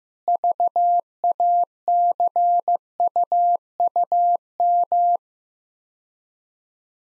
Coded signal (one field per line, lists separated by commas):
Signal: Morse code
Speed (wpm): 15 wpm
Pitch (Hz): 700 Hz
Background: none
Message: VACUUM